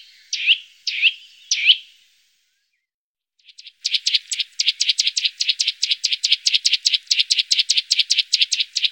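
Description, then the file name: Eurasian nuthatch gives three looping whistled notes, pauses, then launches into a fast, steady trill of sharp high notes. "Kleiber"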